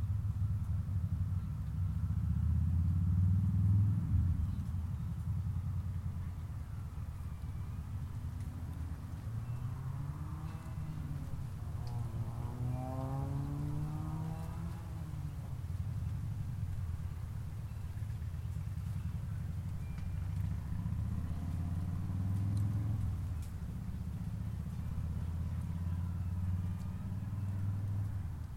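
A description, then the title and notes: Golf course ambience in Palm Harbor, FL, dominated by a steady low vehicle rumble. Between about 10 and 15 seconds a passing engine adds rising, wavering tones, and the rumble swells again near 20 to 25 seconds over a faint, constant hiss. Golf Course, Palm Harbor FL.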